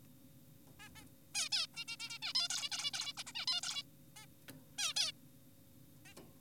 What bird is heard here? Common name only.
Zebra Finch